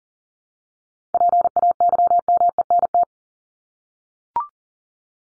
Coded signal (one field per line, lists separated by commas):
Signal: Morse code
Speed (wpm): 40 wpm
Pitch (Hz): 700 Hz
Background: none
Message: PAYMENT